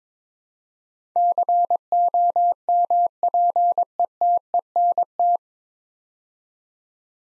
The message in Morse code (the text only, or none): COMPETENT